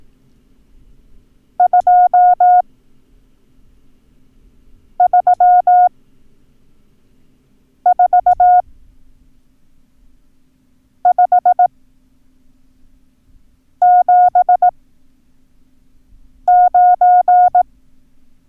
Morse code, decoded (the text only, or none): 234579